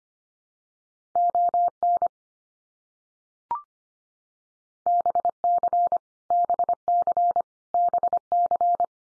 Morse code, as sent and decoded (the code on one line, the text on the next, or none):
--- -. / -... -.-. / -... -.-. / -... -.-.
ON BC BC BC